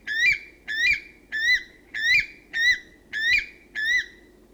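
North Island weka calling: seven loud, shrill whistles, one about every 0.6 seconds, over faint low background noise.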